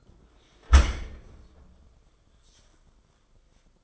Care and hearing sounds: daily activity, microphone in the room; close dishwasher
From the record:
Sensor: 5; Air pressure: 994.5 hPa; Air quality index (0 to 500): 195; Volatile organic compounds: 1000 ppm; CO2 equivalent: 5753 ppm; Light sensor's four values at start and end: 38/118/46/49 and 39/119/46/50

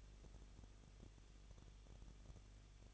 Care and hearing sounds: daily activity, microphone in the room; no activity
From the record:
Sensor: 4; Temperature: 23.0 degrees Celsius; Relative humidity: 34.3%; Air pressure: 1007.3 hPa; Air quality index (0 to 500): 217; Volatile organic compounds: 15 ppm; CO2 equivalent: 2514 ppm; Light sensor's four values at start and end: 2/3/1/1 and 2/3/1/1

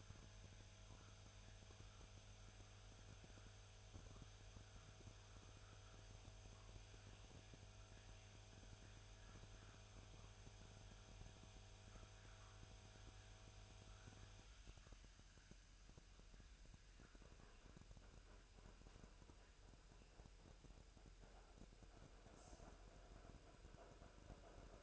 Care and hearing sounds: daily activity, microphone in the room; make coffee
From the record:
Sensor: 2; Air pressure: 1001.9 hPa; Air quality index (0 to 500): 248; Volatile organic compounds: 39 ppm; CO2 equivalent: 3138 ppm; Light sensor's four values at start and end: 8/27/10/10 and 8/27/10/10

